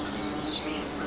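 House Finch flight call: a single short, high note about halfway through, over steady background hiss.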